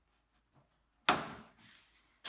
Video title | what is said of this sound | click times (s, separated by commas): Save MPG’s this winter on your diesel by installing a winter cover (Really?) | You hear a little snap. | 1.1 s